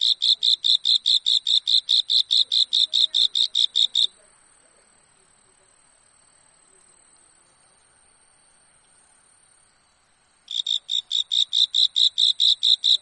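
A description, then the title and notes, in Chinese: A cricket chirps beneath a wall, a fast, even train of bright pulses for the first four seconds. It falls silent for about six seconds, leaving only a faint high whine and quiet background, then resumes the same rapid chirping near the end. 围墙下的蟋蟀 频率6＋7次 大自然声音。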